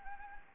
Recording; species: mosquito wingbeat signal from an infrared sensor; Anopheles arabiensis